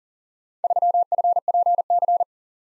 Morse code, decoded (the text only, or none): 3FPC